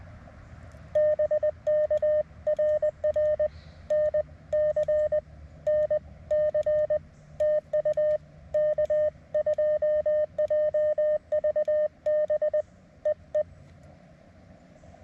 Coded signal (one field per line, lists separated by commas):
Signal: Morse code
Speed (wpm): 20 wpm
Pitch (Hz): 610 Hz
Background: none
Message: BK RR NC NC TU K2JVB EE